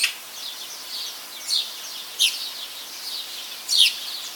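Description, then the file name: Eurasian magpie uttering four abrupt, harsh calls at irregular intervals over a steady backdrop of thin, high twittering. "Pica pica"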